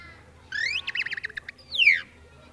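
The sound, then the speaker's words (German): A tit sings alone: a high rising whistle, then a quick run of about eight short, bright notes, ending in a single clear downward-slurred call. “Ja, na ja, aber vielleicht hört ihr doch lieber eine Meise.”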